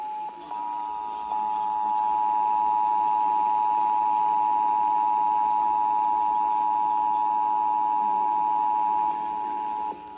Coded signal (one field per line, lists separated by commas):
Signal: Emergency Alert System (SAME) tones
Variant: 853 and 960 Hz attention tone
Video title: [EAS #3042-#3048] San Diego County Required Monthly Test (7/03/24)